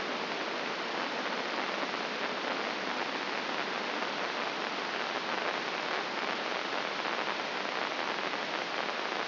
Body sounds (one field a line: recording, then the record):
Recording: brain microelectrode recording played as sound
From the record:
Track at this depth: inside the subthalamic nucleus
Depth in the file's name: 5.816 mm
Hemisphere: left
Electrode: 2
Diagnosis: Parkinson's disease